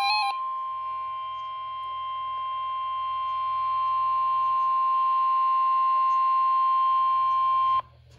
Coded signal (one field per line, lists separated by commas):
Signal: Emergency Alert System (SAME) tones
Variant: 1050 Hz attention tone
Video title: Required Weekly Test (EAS #115)